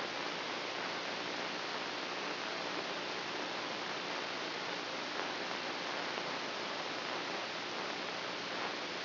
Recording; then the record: brain microelectrode recording played as sound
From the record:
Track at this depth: inside the subthalamic nucleus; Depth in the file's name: 0.139 mm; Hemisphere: right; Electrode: 3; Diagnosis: Parkinson's disease